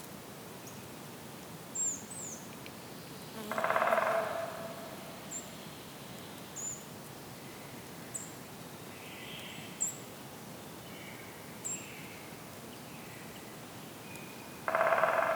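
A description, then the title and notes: A calm forest with soft steady background noise, thin high bird chirps every second or two, and two short loud drumming bursts. Calm Forest with Distant Woodpecker.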